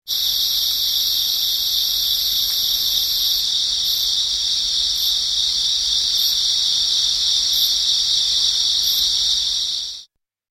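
Insect giving a continuous high, shrill buzzing trill, with a thinner, higher tone that breaks into short bursts after a few seconds.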